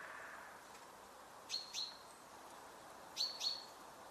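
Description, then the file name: Common chaffinch calls: two short pairs of sharp, high chirps about one and a half seconds apart, with constant low hiss behind. "Fringilla coelebs"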